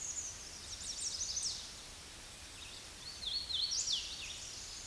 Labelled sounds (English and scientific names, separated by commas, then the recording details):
Hooded Warbler (Setophaga citrina) song
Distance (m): 25 m
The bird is about 5 m below the microphone
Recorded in a Pennsylvania forest on 16 May 2024 at 08:09
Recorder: AudioMoth, point MSD-0079
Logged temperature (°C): 16.1 °C
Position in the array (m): 181 m, 75 m